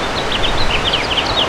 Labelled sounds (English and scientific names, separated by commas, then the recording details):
House Finch (Haemorhous mexicanus) song
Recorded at Amityville on Long Island, New York, on 12 June 2013
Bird A